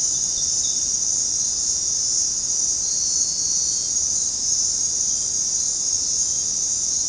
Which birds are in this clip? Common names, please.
none